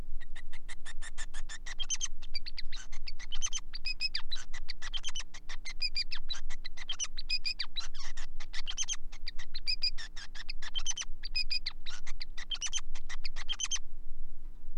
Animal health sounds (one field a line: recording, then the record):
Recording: song of a male Bengalese finch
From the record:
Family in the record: son of father 5